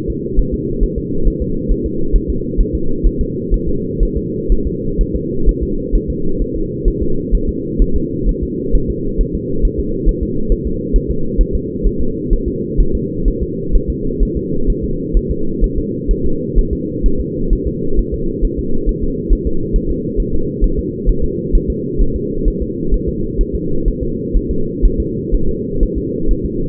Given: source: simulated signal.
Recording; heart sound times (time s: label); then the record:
fetal heart sounds
0.10 s: S2
0.39 s: S1
0.54 s: S2
0.83 s: S1
0.98 s: S2
1.27 s: S1
1.42 s: S2
1.71 s: S1
1.86 s: S2
2.16 s: S1
2.30 s: S2
2.60 s: S1
2.75 s: S2
3.07 s: S1
3.21 s: S2
3.54 s: S1
3.69 s: S2
4.03 s: S1
4.17 s: S2
4.52 s: S1
4.67 s: S2
5.01 s: S1
5.15 s: S2
5.49 s: S1
5.63 s: S2
5.95 s: S1
6.10 s: S2
6.42 s: S1
6.56 s: S2
6.88 s: S1
7.02 s: S2
7.35 s: S1
7.49 s: S2
7.82 s: S1
7.96 s: S2
8.29 s: S1
8.43 s: S2
8.75 s: S1
8.90 s: S2
9.21 s: S1
9.35 s: S2
9.65 s: S1
9.80 s: S2
10.09 s: S1
10.23 s: S2
10.52 s: S1
10.67 s: S2
10.96 s: S1
11.11 s: S2
11.41 s: S1
11.55 s: S2
11.86 s: S1
12.01 s: S2
12.33 s: S1
12.48 s: S2
12.81 s: S1
12.95 s: S2
13.28 s: S1
13.42 s: S2
13.75 s: S1
13.90 s: S2
14.23 s: S1
14.37 s: S2
14.70 s: S1
14.84 s: S2
15.17 s: S1
15.31 s: S2
15.64 s: S1
15.78 s: S2
16.11 s: S1
16.26 s: S2
16.58 s: S1
16.73 s: S2
17.06 s: S1
17.20 s: S2
17.53 s: S1
17.67 s: S2
17.99 s: S1
18.14 s: S2
18.45 s: S1
18.59 s: S2
18.89 s: S1
19.03 s: S2
19.33 s: S1
19.47 s: S2
19.76 s: S1
19.91 s: S2
20.20 s: S1
20.34 s: S2
20.64 s: S1
20.79 s: S2
21.09 s: S1
21.24 s: S2
21.55 s: S1
21.70 s: S2
22.01 s: S1
22.16 s: S2
22.48 s: S1
22.62 s: S2
22.94 s: S1
23.09 s: S2
23.41 s: S1
23.55 s: S2
23.88 s: S1
24.03 s: S2
24.36 s: S1
24.51 s: S2
24.85 s: S1
25.00 s: S2
25.34 s: S1
25.49 s: S2
25.83 s: S1
25.98 s: S2
26.31 s: S1
26.45 s: S2
From the record:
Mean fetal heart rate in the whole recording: 130 bpm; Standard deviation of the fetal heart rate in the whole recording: 4 bpm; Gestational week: 38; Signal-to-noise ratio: -8.1 dB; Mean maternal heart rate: 72 bpm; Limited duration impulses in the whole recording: present